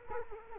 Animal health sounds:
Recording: mosquito wingbeat signal from an infrared sensor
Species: Culex quinquefasciatus

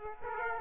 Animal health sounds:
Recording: mosquito wingbeat signal from an infrared sensor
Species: Aedes aegypti

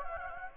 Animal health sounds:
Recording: mosquito wingbeat signal from an infrared sensor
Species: Anopheles gambiae

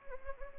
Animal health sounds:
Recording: mosquito wingbeat signal from an infrared sensor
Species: Anopheles gambiae

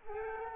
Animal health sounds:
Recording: mosquito wingbeat signal from an infrared sensor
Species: Culex quinquefasciatus

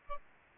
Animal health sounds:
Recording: mosquito wingbeat signal from an infrared sensor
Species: Aedes albopictus

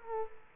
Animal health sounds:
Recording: mosquito wingbeat signal from an infrared sensor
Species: Culex quinquefasciatus

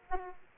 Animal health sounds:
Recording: mosquito wingbeat signal from an infrared sensor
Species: Aedes aegypti

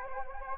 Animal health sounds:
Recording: mosquito wingbeat signal from an infrared sensor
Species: Anopheles gambiae

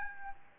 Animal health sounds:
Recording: mosquito wingbeat signal from an infrared sensor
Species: Aedes albopictus

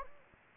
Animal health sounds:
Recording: mosquito wingbeat signal from an infrared sensor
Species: Anopheles gambiae

